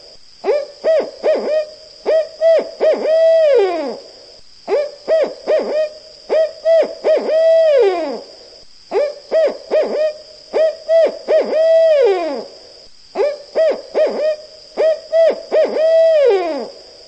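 Barred owl giving rhythmic hoot phrases, each a rapid string of several hoots ending in a long falling note, repeated four times about every four seconds, with a steady high whine behind.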